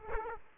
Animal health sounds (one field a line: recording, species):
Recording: mosquito wingbeat signal from an infrared sensor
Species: Aedes aegypti